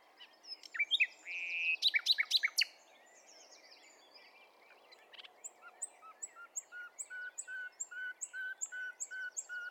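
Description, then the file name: Common nightingale song: a loud, rich burst of clicks and whistles, then a quieter run of short repeated notes. "Luscinia megarhynchos"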